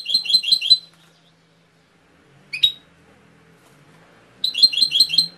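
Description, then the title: Canary: small songbird giving short bursts of four or five quick repeated high chirps, with a single note between and a faint low hum. Canary training (masteran) song with full fill-in phrases (isian). "mster Mnuk. Masteran Kenari Full Isian"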